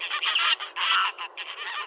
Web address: birdnote-daily- episodio graylag-goose